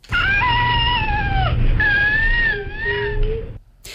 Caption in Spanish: El llanto real de un bebé con este síndrome es una alteración genética provocada por la pérdida de una parte del cromosoma 5. El sonido es especialmente agudo. El síndrome se llama precisamente cri du chat, porque es este sonido, este llanto recuerda al maullido de un gato.